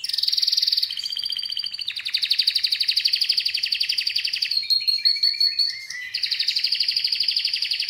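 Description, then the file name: Canary song, rapid rolling trills in long tours that shift pitch, dropping to a lower buzzy roll midway before rising again. "Canary Voice"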